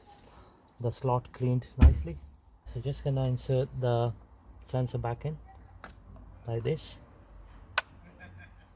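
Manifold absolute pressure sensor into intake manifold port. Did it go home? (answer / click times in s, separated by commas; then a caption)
yes / 7.8 s. Someone talks while the cleaned manifold absolute pressure (MAP) sensor from a BMW 320d E90 with the N47 engine is pushed back into its port on the intake manifold. A single sharp click sounds at 7.8 s as the sensor seats.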